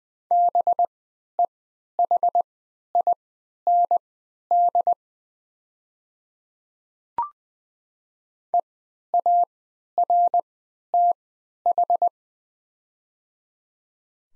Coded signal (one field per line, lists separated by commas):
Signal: Morse code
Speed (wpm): 20 wpm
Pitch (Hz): 700 Hz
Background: none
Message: BEHIND EARTH